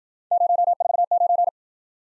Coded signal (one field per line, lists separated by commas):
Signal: Morse code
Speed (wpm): 54 wpm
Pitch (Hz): 700 Hz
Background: none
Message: 049